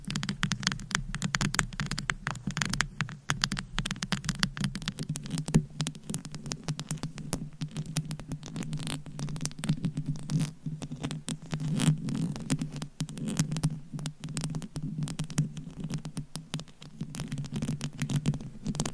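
Rapid, irregular tapping rattles on without pause over a steady low hum, the taps dense and clicky, their loudness rising and falling throughout.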